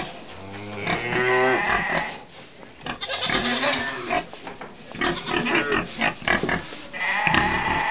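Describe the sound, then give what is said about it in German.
A chorus of farm animals kept by farmers at a castle (pigs, sheep, goats and cows) calling over each other: low, drawn-out cow moos mixed with bleating goats and sheep and a few grunting squeals, loud and continuous with no talking. “Sie halten auch Schweine, Schafe, Ziegen und Kühe.”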